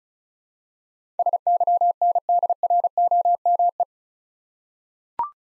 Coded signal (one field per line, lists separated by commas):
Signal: Morse code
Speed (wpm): 36 wpm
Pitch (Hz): 700 Hz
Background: none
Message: SYNDROME